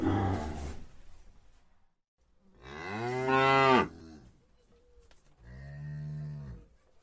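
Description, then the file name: Dairy cow lowing: a brief rough burst, then a loud moo followed by a softer, steadier moo. "tieng bo sua keu"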